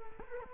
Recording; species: mosquito wingbeat signal from an infrared sensor; Culex quinquefasciatus